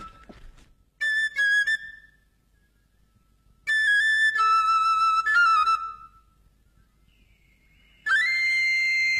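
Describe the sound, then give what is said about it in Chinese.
An eagle-bone flute plays three loud, shrill phrases with breathy, piercing high notes. Some are held and some slide in pitch, separated by quiet gaps, with no voices. “每当我做出重大决定之前，总要吹一阵鹰笛的。”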